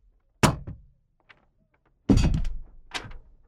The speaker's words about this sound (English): Then he lifted his arm, and I realized that he was going to throw the book at me. I tried to get out of the way, but I was too late. He threw the book straight at me. It hit me on the head, and I fell.